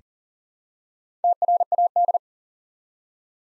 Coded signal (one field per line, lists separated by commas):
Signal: Morse code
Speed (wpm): 40 wpm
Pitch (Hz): 700 Hz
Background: none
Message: TRAD